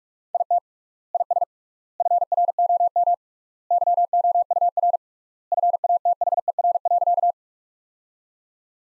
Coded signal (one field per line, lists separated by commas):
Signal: Morse code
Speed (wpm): 46 wpm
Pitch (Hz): 700 Hz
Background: none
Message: IT IS FROM YOUR FATHER.